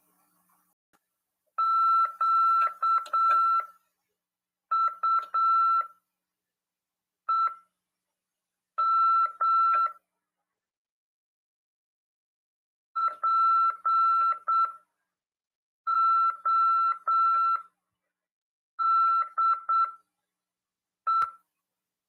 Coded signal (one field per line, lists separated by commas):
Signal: Morse code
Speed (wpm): 8 wpm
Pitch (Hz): 1340 Hz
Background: none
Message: QUEM PODE